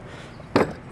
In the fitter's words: If you hear a pop like that,